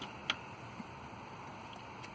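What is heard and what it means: A wiring harness electrical connector is slid onto the idle air control valve of a Mustang V6 3.8 over a steady background hiss. A single sharp click sounds at 0.3 s as it latches, and the connector is seated.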